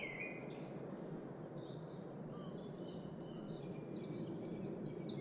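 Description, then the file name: Eurasian wren song: a note, then a long run of rapid, sharp high notes building into a trill, over a continuous low rushing sound. "Troglodytes troglodytes"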